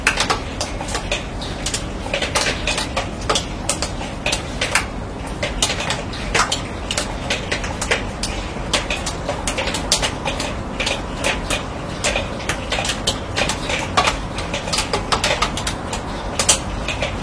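Rain drips onto a steel roof, each drop landing as a sharp, bright metallic tick. The ticks come irregularly but steadily throughout, several per second, with a few louder hits, over a constant low rushing hiss of rainfall.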